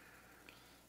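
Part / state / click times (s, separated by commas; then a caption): video cable connector into laptop motherboard socket / seated / 0.5 s. A laptop's display/video cable connector is lined up and pressed firmly down onto its socket on the motherboard. A short, sharp snap rings out at 0.5 s above a low steady hum, and the connector is seated.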